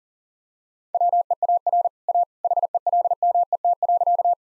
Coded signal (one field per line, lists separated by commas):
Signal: Morse code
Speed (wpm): 40 wpm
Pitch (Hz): 700 Hz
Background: none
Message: WEAR A HELMET.